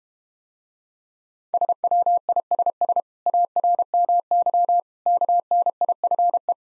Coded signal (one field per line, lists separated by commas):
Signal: Morse code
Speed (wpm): 32 wpm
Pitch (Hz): 700 Hz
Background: none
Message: SWISS ARMY KNIFE